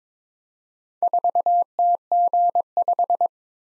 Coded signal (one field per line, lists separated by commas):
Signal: Morse code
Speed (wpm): 22 wpm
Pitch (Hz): 700 Hz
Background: none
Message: 4TG5